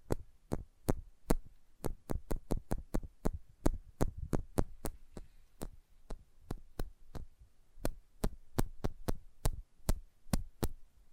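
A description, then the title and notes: Sensitive tapping in sharp, evenly spaced strikes about twice a second, each with a dull low thump under a faint hum. Sensitive Tapping.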